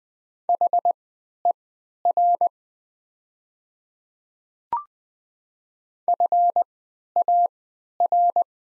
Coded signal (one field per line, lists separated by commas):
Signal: Morse code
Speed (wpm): 20 wpm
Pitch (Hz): 700 Hz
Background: none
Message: HER FAR